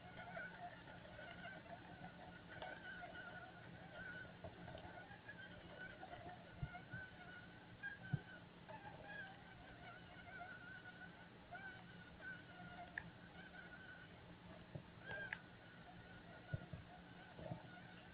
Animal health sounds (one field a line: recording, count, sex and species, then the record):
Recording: mosquito flight sound in a plastic cup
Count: one mosquito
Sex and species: male Aedes aegypti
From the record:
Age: 8 days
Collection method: larva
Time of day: 15:36